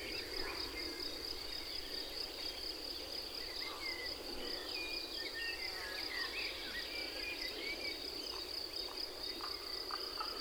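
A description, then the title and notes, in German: A meadow full of life: a steady, dense chorus of crickets and insects fills the whole clip, with one shrill, continuous pulsing trill high above the rest. Scattered short chirps and calls dart through the middle, over a soft, even low murmur. Uns umgibt eine Wiese voller Leben, der wir heute lauschen.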